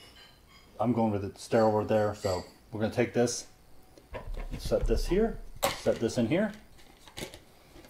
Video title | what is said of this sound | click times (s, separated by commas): Filter and Bottle Red Wine - Plus how to cork with floor corker | thing kind of locks in place about impossible to see on the camera because I can barely see it with my eyes it's | 7.2 s